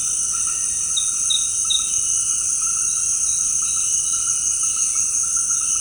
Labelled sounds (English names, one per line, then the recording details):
none
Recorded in secondary vegetation near Puerto Asís, Putumayo, Colombia, on 8 March 2025 at 18:00
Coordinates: 0.502, -76.326
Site G100